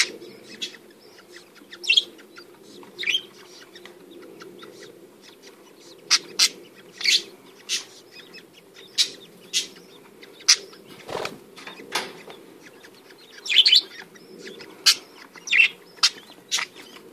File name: Canto do periquitos ingleses